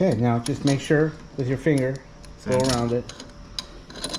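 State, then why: Seated. A spring-loaded fitting is pressed home into a shower door frame by running a finger around it while someone talks. A sharp snap at 3.6 s shows it has seated, followed by a few fainter ticks, and the fitting is good.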